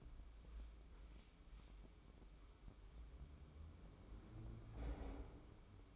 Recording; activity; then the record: daily activity, microphone in the room; wipe stove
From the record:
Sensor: 1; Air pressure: 996.1 hPa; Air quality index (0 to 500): 73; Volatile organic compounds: 4 ppm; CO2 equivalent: 1540 ppm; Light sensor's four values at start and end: 30/106/40/41 and 31/108/41/43